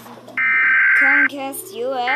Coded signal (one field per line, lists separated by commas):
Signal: Emergency Alert System (SAME) tones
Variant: header bursts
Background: speech